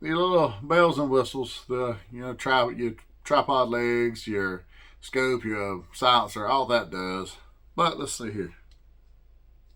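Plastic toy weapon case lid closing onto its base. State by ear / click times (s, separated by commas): not seated / none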